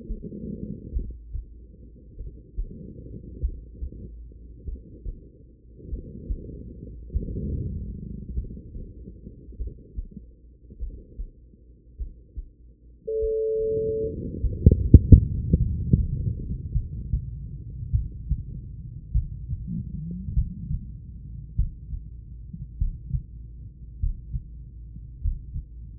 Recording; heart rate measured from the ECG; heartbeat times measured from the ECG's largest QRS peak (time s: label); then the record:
heart sounds by stethoscope; 49 bpm
0.92 s: heartbeat
2.16 s: heartbeat
3.40 s: heartbeat
4.64 s: heartbeat
5.88 s: heartbeat
7.12 s: heartbeat
8.33 s: heartbeat
9.56 s: heartbeat
10.78 s: heartbeat
11.96 s: heartbeat
13.19 s: heartbeat
14.40 s: heartbeat
15.57 s: heartbeat
16.72 s: heartbeat
17.90 s: heartbeat
19.12 s: heartbeat
20.34 s: heartbeat
21.55 s: heartbeat
22.77 s: heartbeat
23.99 s: heartbeat
25.20 s: heartbeat
From the record:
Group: heart failure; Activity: rest 0-18 s, breath hold 18-26 s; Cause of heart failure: idiopathic cardiomyopathy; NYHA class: 2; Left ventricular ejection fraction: 53%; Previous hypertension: present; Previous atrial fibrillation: present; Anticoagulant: apixaban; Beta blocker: bisoprolol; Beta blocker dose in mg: 2.5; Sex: female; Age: 67 years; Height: 150 cm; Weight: 81 kg